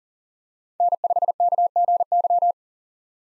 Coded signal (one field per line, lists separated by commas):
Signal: Morse code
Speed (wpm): 40 wpm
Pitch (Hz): 700 Hz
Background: none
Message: N5KGY